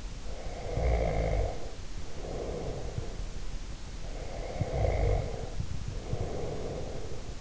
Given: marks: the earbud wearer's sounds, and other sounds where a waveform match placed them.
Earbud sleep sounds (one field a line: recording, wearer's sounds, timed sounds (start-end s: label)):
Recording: sounds in sleep by an in-ear microphone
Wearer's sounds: snoring breath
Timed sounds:
0.18-3.26 s: snoring breath
4.01-7.41 s: snoring breath